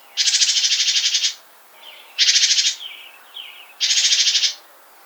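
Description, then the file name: Great tit churring calls: three harsh, buzzy, ticking bursts of about one second or less each, with softer short chattering notes between them. "Parus major"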